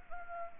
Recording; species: mosquito wingbeat signal from an infrared sensor; Anopheles arabiensis